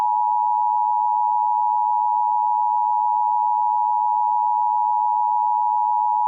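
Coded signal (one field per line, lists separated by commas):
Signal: Emergency Alert System (SAME) tones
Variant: 853 and 960 Hz attention tone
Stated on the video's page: Fictional mini EAS scenario, not a real alert.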